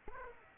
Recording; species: mosquito wingbeat signal from an infrared sensor; Aedes aegypti